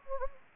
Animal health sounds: mosquito wingbeat signal from an infrared sensor; Anopheles gambiae

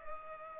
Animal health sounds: mosquito wingbeat signal from an infrared sensor; Culex pipiens

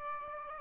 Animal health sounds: mosquito wingbeat signal from an infrared sensor; Aedes albopictus

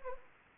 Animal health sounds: mosquito wingbeat signal from an infrared sensor; Anopheles gambiae

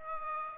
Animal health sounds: mosquito wingbeat signal from an infrared sensor; Aedes aegypti

